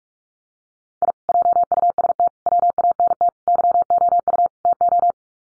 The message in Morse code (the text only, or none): I JUST WANT YOU TO